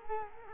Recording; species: mosquito wingbeat signal from an infrared sensor; Culex quinquefasciatus